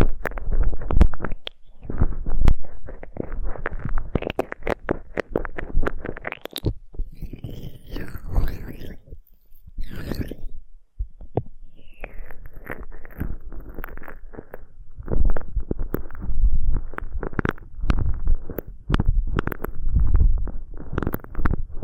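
Aloe gel ear massage with dense, wet squishing and soft thumps that pulse irregularly, briefly easing into lighter, brighter rubbing around eight to eleven seconds.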